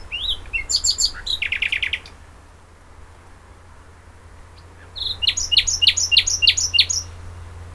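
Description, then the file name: Common nightingale song in two phrases separated by a pause, each built from rapid sharp chirps and buzzy rattling notes repeated in quick succession. "Luscinia megarhynchos"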